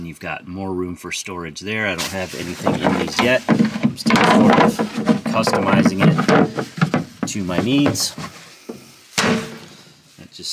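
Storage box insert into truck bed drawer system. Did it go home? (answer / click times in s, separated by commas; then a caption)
yes / 9.2 s. Someone talks while a plastic (polyethylene) ammo-box style storage insert is put back into a Decked truck bed drawer system. A single sharp hit at 9.2 s marks the box snapping back into place, and then the talking resumes.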